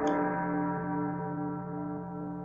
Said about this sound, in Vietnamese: một tiếng chuông vàng từ viễn cổ quanh quần, hướng theo thời quang trường hà rơi vào hiện thế, rơi vào thiên địa. Âm thanh phong cách cổ xưa, đồng thời càng ẩn chứa một sự bi thương, giống như kêu gọi, giống như đang hỏi những tiên rời đi đó.